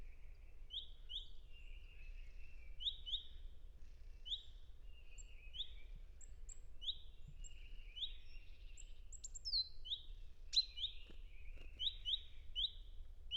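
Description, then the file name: Great tit: repeated doubled high chirps and short buzzy trills, a couple of sharp downward notes near the end, over a steady low hum. "szencinege hangja"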